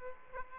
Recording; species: mosquito wingbeat signal from an infrared sensor; Aedes aegypti